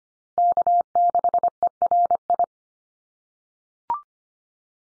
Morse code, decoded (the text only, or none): K6ERI